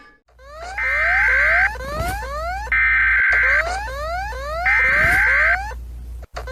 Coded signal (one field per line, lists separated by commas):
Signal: Emergency Alert System (SAME) tones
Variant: header bursts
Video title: ranking EAS alarms by scariness (part 2)